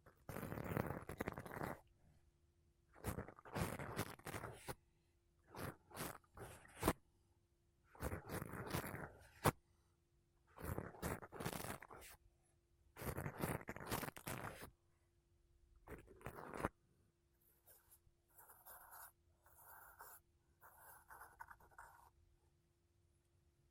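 Makeup brushes and a sponge brush against a microphone in repeated bursts of soft, airy scratching, each lasting about a second or two with short gaps between. The later strokes turn quieter and thinner. A faint steady hum runs underneath throughout.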